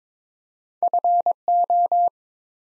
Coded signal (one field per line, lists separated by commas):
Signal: Morse code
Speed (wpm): 22 wpm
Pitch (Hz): 700 Hz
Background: none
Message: FO